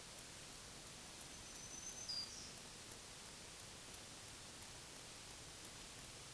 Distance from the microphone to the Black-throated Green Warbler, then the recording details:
about 45 m. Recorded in a Pennsylvania forest on 1 June 2023 at 08:50. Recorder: AudioMoth, point grid3_32_high. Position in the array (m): 133 m, 108 m